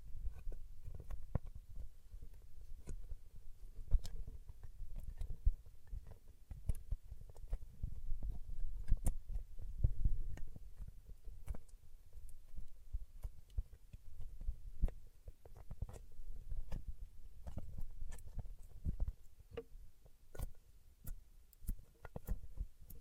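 Paraffin wax being peeled, tapped and scratched gives a steady stream of small, sharp clicks and ticks, scattered irregularly and fairly densely across the whole clip. Underneath runs a soft, low rumble with a faint hum.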